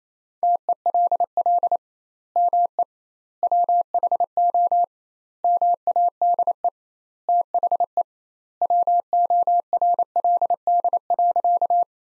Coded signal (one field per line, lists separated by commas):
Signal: Morse code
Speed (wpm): 28 wpm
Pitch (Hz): 700 Hz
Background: none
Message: TELL ME WHO MADE THE WORLD.